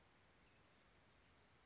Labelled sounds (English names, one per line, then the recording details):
Nuttall's Woodpecker
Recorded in Sonoma County, California